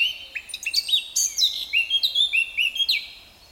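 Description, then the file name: Eurasian blackcap song: a brief scratchy start, then rapid, ringing fluty notes that rise and fall in a quick, even series. "Sylvia atricapilla"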